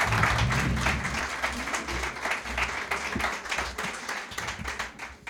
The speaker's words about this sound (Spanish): Fuerte aplauso, gracias, por favor. Gracias.